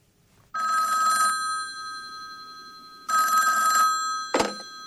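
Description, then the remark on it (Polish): An old telephone bell rings in two long, loud, metallic bursts with a pause between them, followed by a short clunk like a receiver being lifted. “Ale o tym za chwilkę, bo przepraszam, muszę odebrać telefon.”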